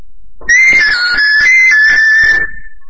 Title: burung beo